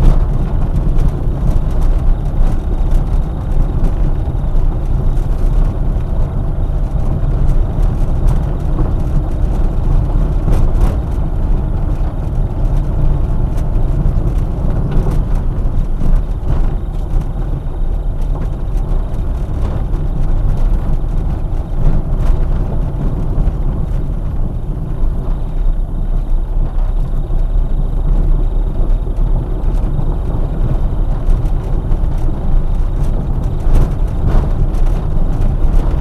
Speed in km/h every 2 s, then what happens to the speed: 22, 24, 26, 27, 26, 27, 23, 18, 19, 21, 20, 15, 14, 15, 19, 19, 19, 19.
0-11 steady at about 26. 11-13 brakes to 18. 13-19 steady at about 19. 19-23 slows to 14. 23-36 steady at about 19.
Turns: none.